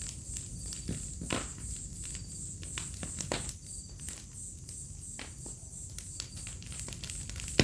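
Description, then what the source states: Crickets chirping in a steady, high, pulsing trill under frequent sharp crackles and pops from a burning fire. Symphony of crickets on an autumn night beside a crackling bonfire, in a village in the middle of Mata Atlântica rainforest.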